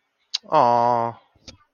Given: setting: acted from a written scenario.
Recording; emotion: vocal sound without words; adoration